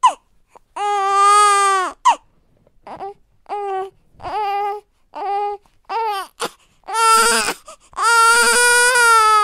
Newborn baby crying.